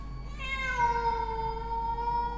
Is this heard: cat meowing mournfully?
yes